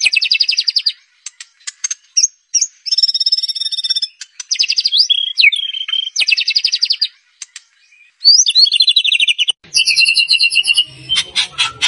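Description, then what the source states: White-rumped shama song: varied bursts of rapid buzzy trills and rattles mixed with sharp clicks and short whistled slurs, with brief pauses between phrases. Bird singing energetically, used as a lure to provoke a response.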